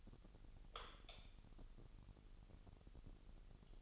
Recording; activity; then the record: daily activity, microphone in the room; light off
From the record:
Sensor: 4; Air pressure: 989.2 hPa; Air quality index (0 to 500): 223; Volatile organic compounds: 81 ppm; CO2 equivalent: 3614 ppm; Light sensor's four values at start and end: 27/91/34/35 and 24/79/30/30